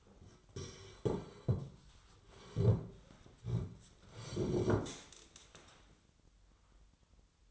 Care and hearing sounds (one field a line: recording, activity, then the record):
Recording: daily activity, microphone in the room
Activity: sit down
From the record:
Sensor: 3